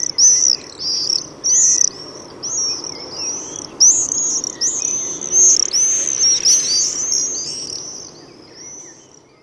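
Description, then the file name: Common swift screaming, harsh high trills in rapid overlapping bursts from several birds, fading toward the end. "Jerzyk"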